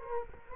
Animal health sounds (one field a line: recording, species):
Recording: mosquito wingbeat signal from an infrared sensor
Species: Culex quinquefasciatus